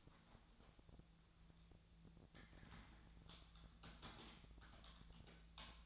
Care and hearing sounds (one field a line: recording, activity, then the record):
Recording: daily activity, microphone in the room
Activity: typing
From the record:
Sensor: 3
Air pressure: 1000.2 hPa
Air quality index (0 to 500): 138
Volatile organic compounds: 2 ppm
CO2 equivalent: 1222 ppm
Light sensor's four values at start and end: 37/95/40/44 and 37/94/40/44